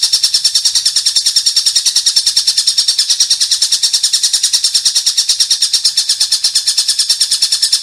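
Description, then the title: Oriental magpie-robin in a dense run of rapid, rasping high notes, continuing evenly throughout. "Kicau Kacer"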